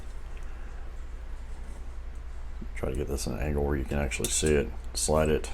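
A detachable handle is angled against a camp cooking pot and lined up just before it is slid on and locked. Quiet low rustling and a steady hum fill the first few seconds, then someone talks from about 2.8 s to the end. The handle has not clicked or locked into place yet.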